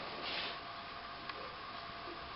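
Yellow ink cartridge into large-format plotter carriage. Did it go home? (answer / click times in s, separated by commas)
yes / 1.3 s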